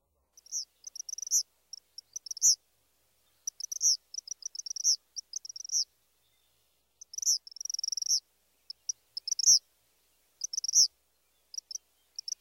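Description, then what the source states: Eastern Kingbird song: very high, sputtering notes in stuttered bursts with sharper accented notes, repeated at short intervals. Male's high-pitched song, repeated; variable notes likened to electrical sparks jumping between wires, stuttered quality with punctuated accents.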